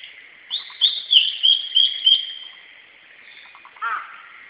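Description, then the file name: Blue-and-white flycatcher song: a run of clear, slurred whistles over about two seconds, followed by a short lower harsh note after a pause. Recorded 17 May 2008. "ooruri 080517"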